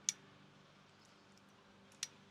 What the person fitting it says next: If you open it a little bit harder, it locks directly.